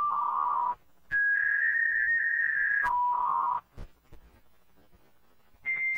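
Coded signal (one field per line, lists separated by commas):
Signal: dial-up modem handshake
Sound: low warbling tone, higher warbling tone, low tone again, pause, then steady high tone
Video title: Sound of the dialup modem explained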